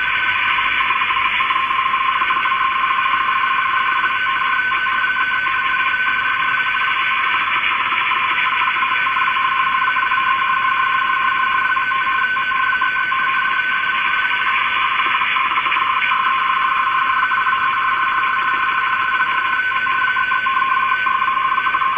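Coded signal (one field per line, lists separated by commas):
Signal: RTTY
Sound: continuous warbling two-tone teleprinter signal buried in loud hiss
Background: radio static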